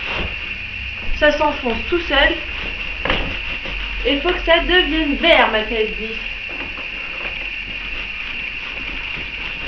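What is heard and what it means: A car seat connector is being pushed into a stroller frame, where it slides in by itself until an indicator turns green. Someone talks over a steady background hum, with a brief sharp knock at 3.1 s. Nothing has seated or clicked yet.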